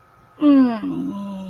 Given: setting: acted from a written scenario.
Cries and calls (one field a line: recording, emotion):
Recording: vocal sound without words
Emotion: embarrassment